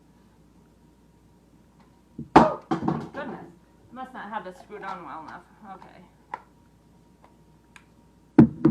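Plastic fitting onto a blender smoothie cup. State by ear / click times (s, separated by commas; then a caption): seated / 8.4 s. A plastic part is fitted onto a blender smoothie cup and pushed home. A series of sharp plastic knocks and thuds comes first, with someone talking in between. A loud sharp snap at 8.4 s marks the part clicking into place.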